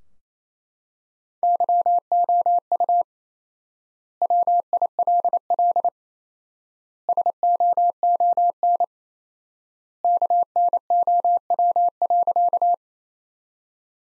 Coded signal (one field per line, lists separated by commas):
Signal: Morse code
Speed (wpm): 28 wpm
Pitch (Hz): 700 Hz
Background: none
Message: YOU WILL SOON KNOW.